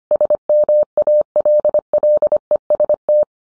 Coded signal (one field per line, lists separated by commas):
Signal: Morse code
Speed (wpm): 25 wpm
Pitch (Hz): 600 Hz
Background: none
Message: SMALLEST